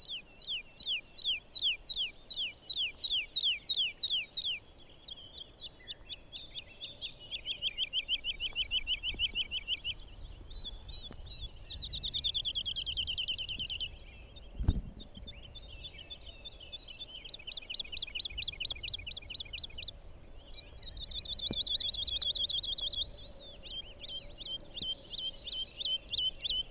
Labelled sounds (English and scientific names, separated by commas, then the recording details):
Wood Lark (Lullula arborea)
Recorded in the wild
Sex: male
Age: adult
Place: Schönow, Naturpark Barnim, Brandenburg, DE
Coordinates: 52.693, 13.508
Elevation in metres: 70
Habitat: heath
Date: 2014-05-04
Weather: cloudy, 5°C, weak wind
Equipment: Sound Devices 702, Sennheiser MKH 70, Rycote Windschutz
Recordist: Frommolt, Karl-Heinz